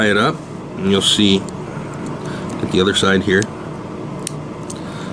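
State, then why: Released. Someone talks while prying up the second side of the plastic terminal position lock on a Dodge Ram gauge cluster wiring connector housing. The lock releases and pops up with a sharp click at 4.3 s, followed by a fainter tick at 4.7 s.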